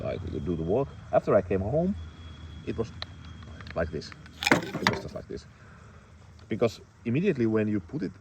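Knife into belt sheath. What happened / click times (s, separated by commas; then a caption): Handled, not yet home: no seating snap yet / none. A knife is handled at its belt sheath while someone talks, with a few brief handling sounds between the words. The knife has not yet seated or snapped into the sheath by the end of the clip.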